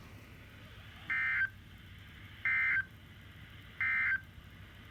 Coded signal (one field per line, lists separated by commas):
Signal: Emergency Alert System (SAME) tones